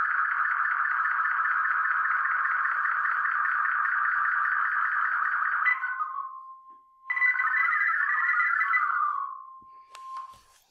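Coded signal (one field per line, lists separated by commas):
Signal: multi-tone FSK (Olivia or MFSK type)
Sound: warbling cluster of rapidly changing tones, pausing to a steady hum, then resuming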